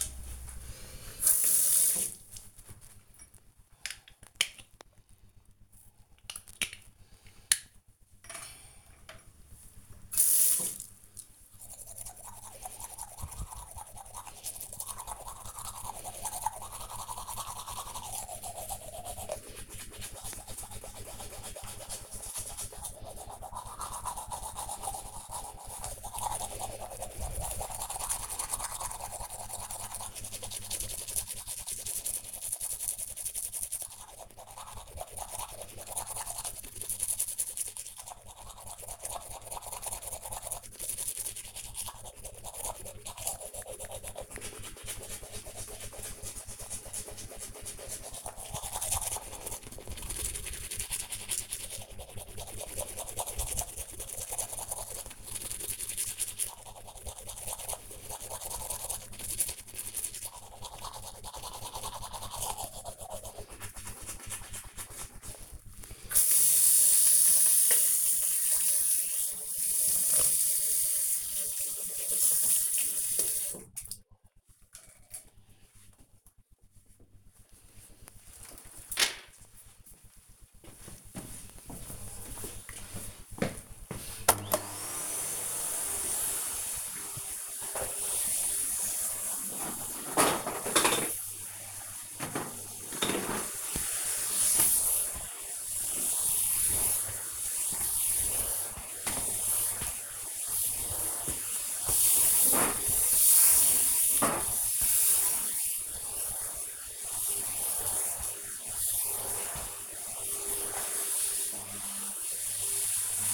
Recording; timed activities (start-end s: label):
household activities, microphone on the right wrist
0.49-74.73 s: brushing teeth
83.78-113.34 s: vacuum cleaning